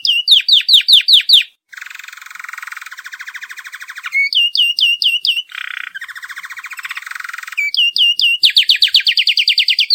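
Bird song of rapid series of sharp downslurred notes, alternating with long buzzy rattling trills.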